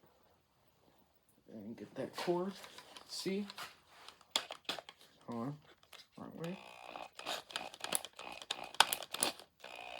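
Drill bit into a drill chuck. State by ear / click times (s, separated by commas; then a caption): seated / 8.8 s. Someone talks while a small drill bit is pushed into a quick-release drill chuck or holder, first tried the wrong way round, with crinkly handling and a run of sharp clicks and taps. A loud click at 8.8 s marks the bit locking into the chuck, and it is seated.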